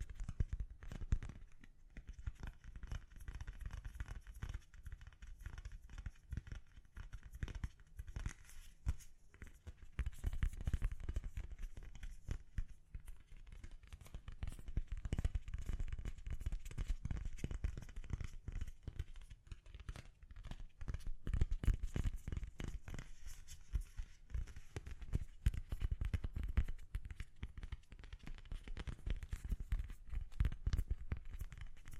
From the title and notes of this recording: ASMR Gently Tapping You to Sleep (No Talking).